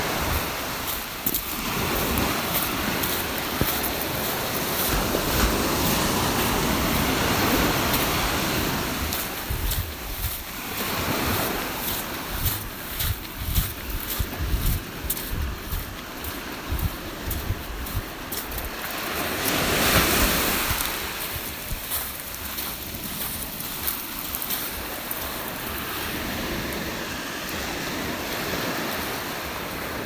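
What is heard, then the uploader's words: Footsteps crunch along a beach in a steady, quick rhythm. Behind them, surf rushes in a constant wash, swelling louder around ten and twenty seconds as waves break. Wind buffets the microphone throughout. Beach Walking. The crunch of steps on the shore. The sounds of the beach.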